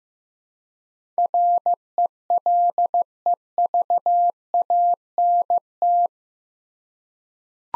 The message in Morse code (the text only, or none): RELEVANT